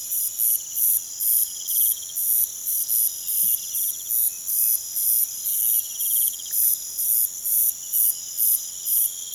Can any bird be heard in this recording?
no